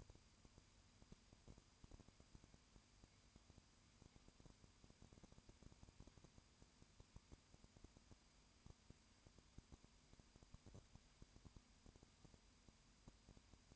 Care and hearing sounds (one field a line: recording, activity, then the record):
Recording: daily activity, microphone in the room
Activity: no activity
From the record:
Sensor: 2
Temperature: 20.8 degrees Celsius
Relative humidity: 38.2%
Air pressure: 1010.4 hPa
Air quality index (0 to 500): 200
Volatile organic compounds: 19 ppm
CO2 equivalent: 2649 ppm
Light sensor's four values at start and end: 2/3/2/2 and 2/3/2/2